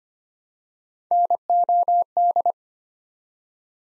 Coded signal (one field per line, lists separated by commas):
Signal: Morse code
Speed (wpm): 25 wpm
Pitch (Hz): 700 Hz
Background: none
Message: NOD